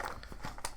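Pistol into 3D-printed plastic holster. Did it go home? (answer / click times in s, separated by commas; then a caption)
yes / 0.6 s. A pistol is pushed into a 3D-printed plastic holster, with a few light taps as it slides in before the retention locks with a sharp click at 0.7 s. The pistol is seated and locked, though it can still wiggle out because a worn tab on the holster is coming loose.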